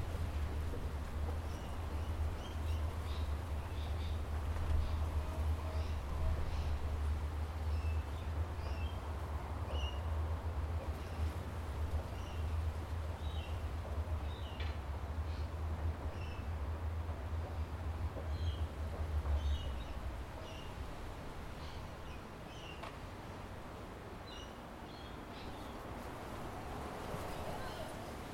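Outdoor ambience overlooking Tamarama Beach near Bondi, Sydney, with a steady, dense wash of sound throughout. A low, constant hum runs under the first twenty seconds, then stops. Bright bird chirps come and go scattered across the whole clip.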